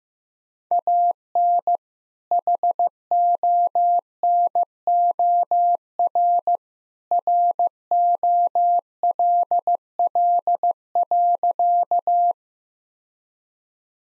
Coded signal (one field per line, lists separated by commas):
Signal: Morse code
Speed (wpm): 15 wpm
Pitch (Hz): 700 Hz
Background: none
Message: AN HONOR ROLL.